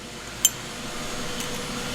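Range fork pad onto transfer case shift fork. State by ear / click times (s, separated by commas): seated / 0.4 s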